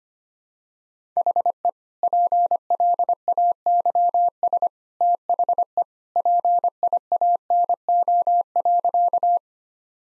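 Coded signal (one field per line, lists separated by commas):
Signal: Morse code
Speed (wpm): 25 wpm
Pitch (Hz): 700 Hz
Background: none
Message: HE PLAYS THE PIANO.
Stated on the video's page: Morse code practice sentences at 25 wpm with contextual hints, a copying drill.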